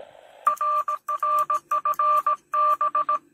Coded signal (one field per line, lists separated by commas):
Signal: Morse code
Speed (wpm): 18 wpm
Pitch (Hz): 1180 Hz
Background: none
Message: RRFB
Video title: CX1SI-Recibo y prueba de QRP SDR HF 8 Bandas CW-SSB-USB -Octubre 2022